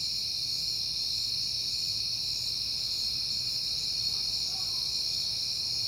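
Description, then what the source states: Cricket: a dense, steady high-pitched trilling that runs unbroken throughout, with a faint low rumble underneath. Recorded at night in September on a peaceful night.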